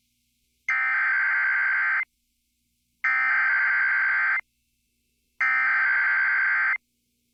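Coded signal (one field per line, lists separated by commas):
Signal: Emergency Alert System (SAME) tones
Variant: header bursts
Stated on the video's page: Severe thunderstorm watch for Kansas and Nebraska heard on NOAA Weather Radio.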